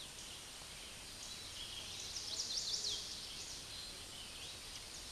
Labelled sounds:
Chestnut-sided Warbler (Setophaga pensylvanica) song
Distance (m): 35 m
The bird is about 5 m below the microphone
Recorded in a Pennsylvania forest on 16 May 2024 at 09:30
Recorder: AudioMoth, point MSD-2306
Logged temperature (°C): 15.6 °C
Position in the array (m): 36 m, 31 m

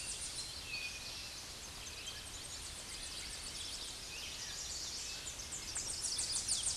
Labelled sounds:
Tennessee Warbler (Leiothlypis peregrina) song
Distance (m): 55 m
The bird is about level with the microphone
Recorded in a Pennsylvania forest on 16 May 2024 at 08:32
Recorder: AudioMoth, point MSD-0827
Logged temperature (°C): 12.1 °C
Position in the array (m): 69 m, 170 m

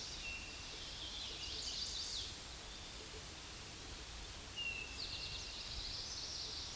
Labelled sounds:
Eastern Towhee (Pipilo erythrophthalmus) song
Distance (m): 35 m
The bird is about 10 m below the microphone
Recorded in a Pennsylvania forest on 16 May 2024 at 09:49
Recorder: AudioMoth, point MSD-1893
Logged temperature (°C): 16.6 °C
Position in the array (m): 2 m, 44 m

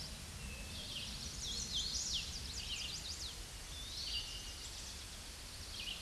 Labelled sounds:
Hooded Warbler (Setophaga citrina) song
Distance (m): 30 m
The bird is about 15 m above the microphone
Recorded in a Pennsylvania forest on 16 May 2024 at 07:38
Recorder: AudioMoth, point MSD-0079
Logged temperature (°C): 16.1 °C
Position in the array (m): 169 m, 103 m

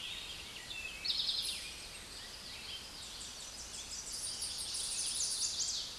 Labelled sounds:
Tennessee Warbler (Leiothlypis peregrina) song
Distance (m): 20 m
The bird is about level with the microphone
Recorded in a Pennsylvania forest on 16 May 2024 at 08:51
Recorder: AudioMoth, point MSD-1534
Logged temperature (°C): 15.6 °C
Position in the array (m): 55 m, 38 m

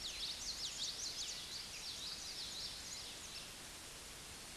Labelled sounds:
Common Yellowthroat (Geothlypis trichas) song
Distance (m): 25 m
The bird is about level with the microphone
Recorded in a Pennsylvania forest on 16 May 2024 at 06:16
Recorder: AudioMoth, point MSD-1307
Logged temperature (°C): 16.6 °C
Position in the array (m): 200 m, 107 m

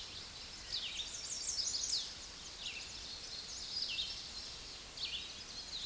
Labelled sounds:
Red-eyed Vireo (Vireo olivaceus) song
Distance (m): 25 m
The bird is about 10 m above the microphone
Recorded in a Pennsylvania forest on 16 May 2024 at 06:27
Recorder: AudioMoth, point MSD-0398
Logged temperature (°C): 16.4 °C
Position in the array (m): 156 m, 69 m

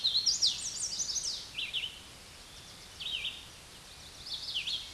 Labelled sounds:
Red-eyed Vireo (Vireo olivaceus) song
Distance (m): 15 m
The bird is about 10 m above the microphone
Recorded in a Pennsylvania forest on 16 May 2024 at 08:34
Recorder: AudioMoth, point MSD-2258
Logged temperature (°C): 15.2 °C
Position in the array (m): 155 m, 66 m

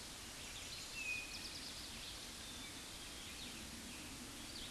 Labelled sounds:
Eastern Towhee (Pipilo erythrophthalmus) song
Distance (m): 40 m
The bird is about 10 m above the microphone
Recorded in a Pennsylvania forest on 16 May 2024 at 09:45
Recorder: AudioMoth, point MSD-1307
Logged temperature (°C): 16.6 °C
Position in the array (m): 176 m, 125 m

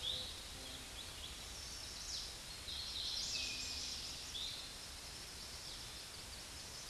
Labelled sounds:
Eastern Towhee (Pipilo erythrophthalmus) song
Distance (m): 30 m
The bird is about level with the microphone
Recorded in a Pennsylvania forest on 16 May 2024 at 09:49
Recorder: AudioMoth, point MSD-2164
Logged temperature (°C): 15.8 °C
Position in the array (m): 177 m, 55 m

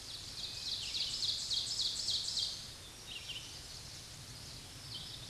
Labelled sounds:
Ovenbird (Seiurus aurocapilla) song
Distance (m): 25 m
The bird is about 5 m above the microphone
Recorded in a Pennsylvania forest on 16 May 2024 at 07:51
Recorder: AudioMoth, point MSD-1539
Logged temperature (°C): 16.0 °C
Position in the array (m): 149 m, 2 m

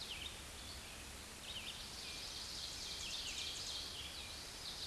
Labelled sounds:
Ovenbird (Seiurus aurocapilla) song
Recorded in a Pennsylvania forest on 16 May 2024 at 07:34
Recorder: AudioMoth, point MSD-2287
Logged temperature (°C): 11.2 °C
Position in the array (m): 168 m, -24 m

